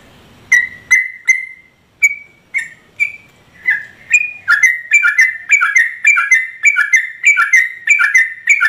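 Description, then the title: Yellow-vented Bulbul song: spaced clear whistled notes that build into a fast, rhythmic run of bubbly phrases. Trucukan singing vigorously (gacor) in rapid continuous delivery (ropel), its song filled with material taken from other birds (isian). "TRUCUK GACOR ROPEL ISIAN WAMBHI"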